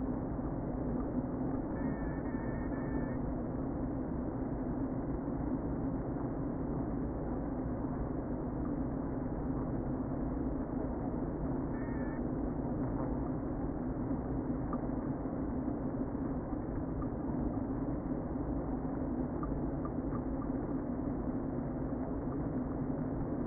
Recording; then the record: honeybee colony, microphone inside the hive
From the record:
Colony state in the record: queen present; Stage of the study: before two queens were removed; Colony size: about 60,000 bees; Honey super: yes